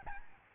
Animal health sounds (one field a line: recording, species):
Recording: mosquito wingbeat signal from an infrared sensor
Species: Aedes albopictus